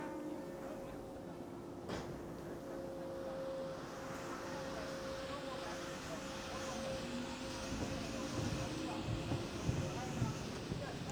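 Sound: train passing by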